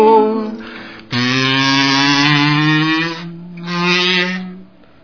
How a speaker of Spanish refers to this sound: Ay, una mosca, ¿dónde está la mosca? ¿En el estudio?